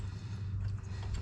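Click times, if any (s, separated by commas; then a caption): none. A spark plug is turned backwards by hand a couple of turns in a lawn mower engine's cylinder head to line up the threads and avoid cross-threading before it is turned forward and tightened. A steady low hum fills the clip with faint scraping, and nothing has seated or clicked yet.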